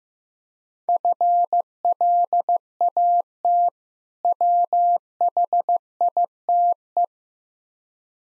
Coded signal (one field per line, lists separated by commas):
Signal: Morse code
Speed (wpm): 15 wpm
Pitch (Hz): 700 Hz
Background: none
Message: FLAT WHITE